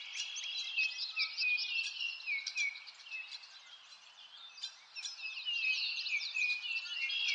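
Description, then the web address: Chorus of birds with quick high chirps and downward slides layered densely, dipping slightly midway and rising again toward the close. Birds in a forest. "Sound Effects-Lynne Music Nature-Ambience-Birds-In-A-Forest"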